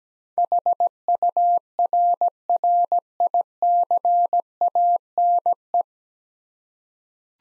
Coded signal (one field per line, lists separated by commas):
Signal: Morse code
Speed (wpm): 17 wpm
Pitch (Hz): 700 Hz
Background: none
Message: HURRICANE